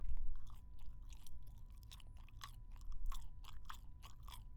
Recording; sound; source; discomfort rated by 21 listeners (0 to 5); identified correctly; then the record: sound for misophonia research; chewing gum; oral or nasal; mean 2.10, standard deviation 1.51; in 42 of 42 trials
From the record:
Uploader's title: gum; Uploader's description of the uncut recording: man chewing gum chewy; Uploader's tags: gum, chewing, gummy